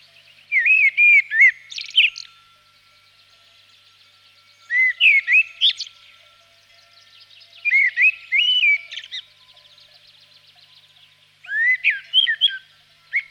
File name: chernyy drozd